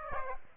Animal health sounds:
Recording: mosquito wingbeat signal from an infrared sensor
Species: Aedes aegypti

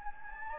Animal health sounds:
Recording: mosquito wingbeat signal from an infrared sensor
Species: Anopheles gambiae

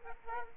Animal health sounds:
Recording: mosquito wingbeat signal from an infrared sensor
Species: Aedes aegypti

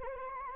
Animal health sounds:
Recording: mosquito wingbeat signal from an infrared sensor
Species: Anopheles gambiae

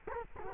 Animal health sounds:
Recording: mosquito wingbeat signal from an infrared sensor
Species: Culex quinquefasciatus

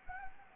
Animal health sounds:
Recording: mosquito wingbeat signal from an infrared sensor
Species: Anopheles gambiae

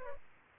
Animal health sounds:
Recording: mosquito wingbeat signal from an infrared sensor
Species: Culex pipiens

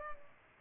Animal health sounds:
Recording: mosquito wingbeat signal from an infrared sensor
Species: Culex pipiens

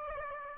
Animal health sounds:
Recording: mosquito wingbeat signal from an infrared sensor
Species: Aedes aegypti

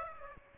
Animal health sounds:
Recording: mosquito wingbeat signal from an infrared sensor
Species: Aedes aegypti

